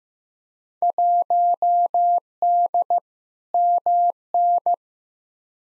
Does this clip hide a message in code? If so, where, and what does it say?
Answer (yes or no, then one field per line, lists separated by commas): yes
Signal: Morse code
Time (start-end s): 0.8-4.7 s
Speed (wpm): 15 wpm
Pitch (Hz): 700 Hz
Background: none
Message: 1D MN